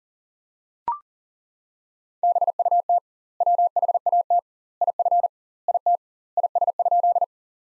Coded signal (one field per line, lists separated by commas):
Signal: Morse code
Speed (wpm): 40 wpm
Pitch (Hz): 700 Hz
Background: none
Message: BUT WHAT IF IT IS?